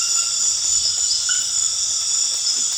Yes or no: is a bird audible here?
no